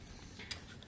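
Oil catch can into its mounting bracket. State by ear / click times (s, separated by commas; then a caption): seated / 0.5 s. An oil catch can on an Alfa Romeo Giulia Quadrifoglio is twisted up into its mounting bracket with both hands. It clicks in place at 0.5 s with a sharp, bright snap, and the can is seated. A faint tick follows at about 0.8 s.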